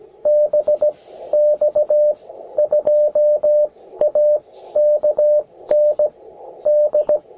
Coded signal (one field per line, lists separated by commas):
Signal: Morse code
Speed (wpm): 15 wpm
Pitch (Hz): 600 Hz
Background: radio noise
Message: BX2AK ND